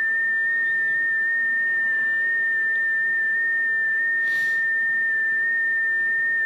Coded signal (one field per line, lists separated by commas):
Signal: FT8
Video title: iFTX FT8 Setup and Operations on the QMX Transceiver